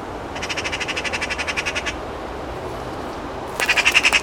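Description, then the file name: Eurasian magpie giving a rasping, machine-gun rattle of fast, even notes, then silence, then a louder, harsher burst of the same chatter. "Pica pica"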